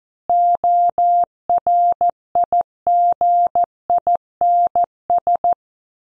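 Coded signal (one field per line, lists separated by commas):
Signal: Morse code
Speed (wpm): 14 wpm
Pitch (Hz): 700 Hz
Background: none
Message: ORIGINS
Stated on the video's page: News headlines copy practice at 14 wpm.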